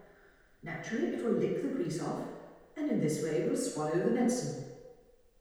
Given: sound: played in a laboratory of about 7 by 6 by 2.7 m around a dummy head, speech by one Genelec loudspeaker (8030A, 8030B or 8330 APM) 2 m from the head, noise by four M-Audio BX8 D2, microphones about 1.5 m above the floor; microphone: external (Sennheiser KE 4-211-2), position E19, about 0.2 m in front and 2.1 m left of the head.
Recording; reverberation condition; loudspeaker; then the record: female speech in English; high; 120 degrees to the right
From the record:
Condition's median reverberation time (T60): about 1300 ms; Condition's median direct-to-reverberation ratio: about -4.0 dB